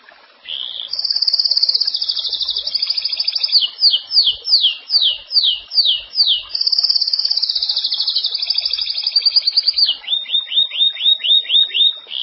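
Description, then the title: Belgian canary song: long high trills broken by a run of downslurred whistles, then another trill and a fast series of short falling notes. "Canario Belga"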